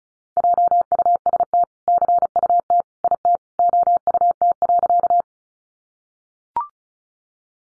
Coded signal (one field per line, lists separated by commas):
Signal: Morse code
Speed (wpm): 34 wpm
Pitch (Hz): 700 Hz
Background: none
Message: JUST CUT IT OUT.